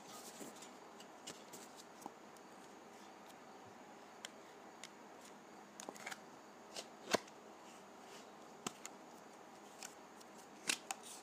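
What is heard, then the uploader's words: Dry putty is handled slowly, giving off scattered sharp clicks and soft crackles over a steady, quiet hiss. The snaps come irregularly, a few each second, with louder pops around seven seconds and again near the end. ASMR Dry Putty.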